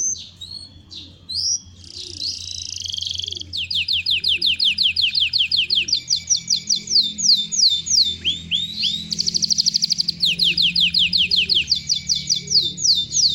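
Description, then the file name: Belgian canary song: fast, varied high trills and rattling rolls, one rapid phrase after another. Copper-coloured. "canto do canario belga cobre"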